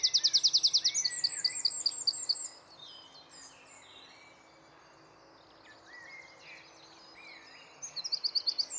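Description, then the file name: Eurasian wren song: a loud rapid high trill and quick twittering phrases, a long quieter stretch with faint chirps, then another fast trill near the end. "Troglodytes troglodytes"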